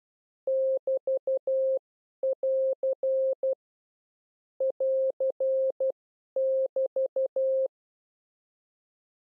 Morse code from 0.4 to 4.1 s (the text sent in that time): <BT><AR>